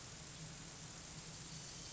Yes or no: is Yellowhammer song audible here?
no